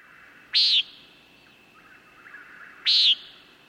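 Common Nighthawk giving two buzzy, nasal peent calls.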